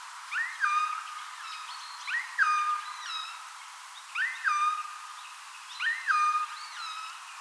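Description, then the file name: Eurasian jay calling with repeated mew-like notes that rise then drop to a level tone, in short bursts roughly every two seconds. "Garrulus glandarius"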